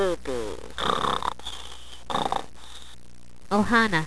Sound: snore